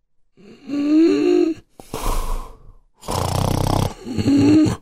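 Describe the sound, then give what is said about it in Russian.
A person snores in rough, rasping cycles, each loud breath rattling in the throat with brief quiet pauses between, about four snores over a few seconds with no talking. “Но услышал только чей-то храп и позвякивание собачьих жетонов.”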